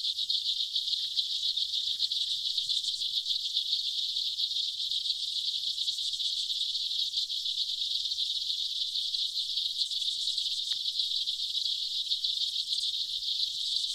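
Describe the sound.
Aquatic insects giving a constant high, hissing, rapidly pulsed buzz that holds steady for the whole stretch, with a single sharp click late on.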